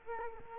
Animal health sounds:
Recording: mosquito wingbeat signal from an infrared sensor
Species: Culex quinquefasciatus

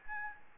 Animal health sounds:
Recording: mosquito wingbeat signal from an infrared sensor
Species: Aedes albopictus

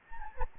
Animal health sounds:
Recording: mosquito wingbeat signal from an infrared sensor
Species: Anopheles gambiae

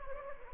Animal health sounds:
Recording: mosquito wingbeat signal from an infrared sensor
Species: Anopheles gambiae

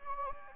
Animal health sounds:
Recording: mosquito wingbeat signal from an infrared sensor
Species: Anopheles gambiae

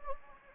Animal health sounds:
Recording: mosquito wingbeat signal from an infrared sensor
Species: Anopheles gambiae

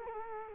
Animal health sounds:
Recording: mosquito wingbeat signal from an infrared sensor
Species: Culex quinquefasciatus

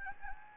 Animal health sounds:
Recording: mosquito wingbeat signal from an infrared sensor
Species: Anopheles gambiae

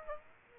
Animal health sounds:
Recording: mosquito wingbeat signal from an infrared sensor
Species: Aedes aegypti

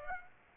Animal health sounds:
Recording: mosquito wingbeat signal from an infrared sensor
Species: Aedes aegypti

